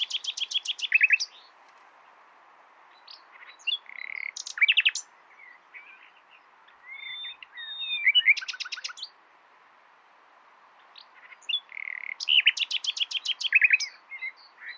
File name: Luscinia megarhynchos